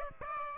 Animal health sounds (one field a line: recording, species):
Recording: mosquito wingbeat signal from an infrared sensor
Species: Aedes albopictus